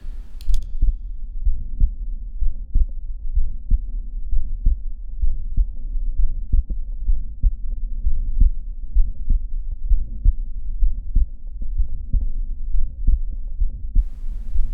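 Heart heard by stethoscope at Botkin's point in a 17-year-old: Still's murmur plus an additional higher-pitched systolic murmur.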